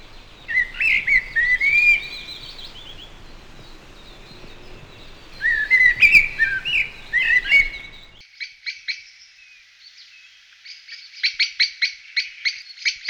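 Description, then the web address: Thrush song: slurred whistled phrases separated by a pause, followed by short bursts of quickly repeated sharp notes. "zvuky vtakov drozd"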